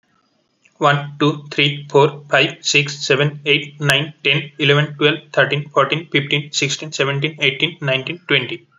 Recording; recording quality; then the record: counting at a fast pace; excellent, no background noise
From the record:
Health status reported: healthy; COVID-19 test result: negative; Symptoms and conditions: cold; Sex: male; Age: 23 years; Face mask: not worn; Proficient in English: yes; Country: India